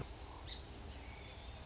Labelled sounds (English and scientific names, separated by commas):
Song Sparrow (Melospiza melodia)